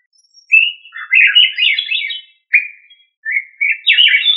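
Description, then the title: Thrush song: a short whistled note followed by rapid warbling phrases, a brief pause, then several more short phrases. "Familia Turdidae - Sabia"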